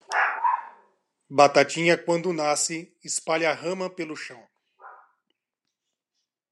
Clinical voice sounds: short text; Brazilian Portuguese; male; 40 to 49 years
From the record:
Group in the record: control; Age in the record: 47 years

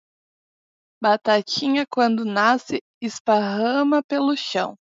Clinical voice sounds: short text; Brazilian Portuguese; female; 20 to 29 years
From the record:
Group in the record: control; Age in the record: 29 years

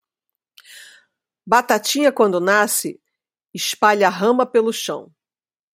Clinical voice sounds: short text; Brazilian Portuguese; female; 50 to 59 years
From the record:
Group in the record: control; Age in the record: 55 years

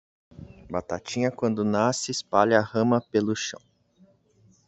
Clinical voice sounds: short text; Brazilian Portuguese; male; 20 to 29 years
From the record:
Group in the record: control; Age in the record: 25 years

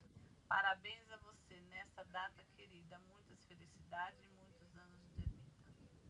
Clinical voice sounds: short text; Brazilian Portuguese; female; 50 to 59 years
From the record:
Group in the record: control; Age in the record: 54 years

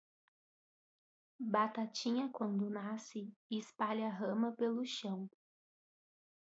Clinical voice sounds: short text; Brazilian Portuguese; female; 20 to 29 years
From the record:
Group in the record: control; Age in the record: 23 years

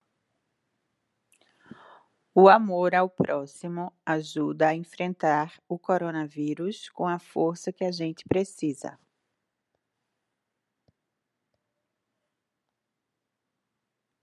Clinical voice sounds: spoken sentence; Brazilian Portuguese; female; 40 to 49 years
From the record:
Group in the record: control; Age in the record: 48 years

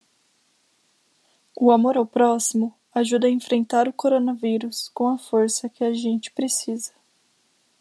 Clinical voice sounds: spoken sentence; Brazilian Portuguese; female; 20 to 29 years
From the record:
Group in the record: control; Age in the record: 24 years

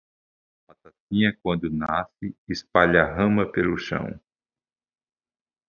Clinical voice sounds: short text; Brazilian Portuguese; male; 60 to 69 years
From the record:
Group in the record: control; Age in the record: 64 years

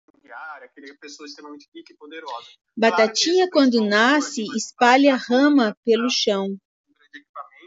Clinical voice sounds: short text; Brazilian Portuguese; female; 50 to 59 years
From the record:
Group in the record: control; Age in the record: 59 years

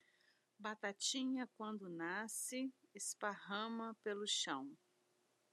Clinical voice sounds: short text; Brazilian Portuguese; female; 50 to 59 years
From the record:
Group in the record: control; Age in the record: 56 years

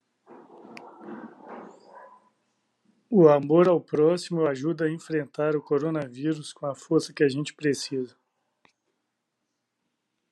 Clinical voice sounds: spoken sentence; Brazilian Portuguese; male; 40 to 49 years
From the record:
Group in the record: control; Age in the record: 45 years

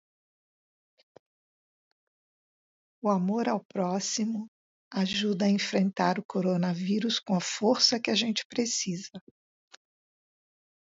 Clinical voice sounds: spoken sentence; Brazilian Portuguese; female; 60 to 69 years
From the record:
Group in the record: control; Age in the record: 64 years

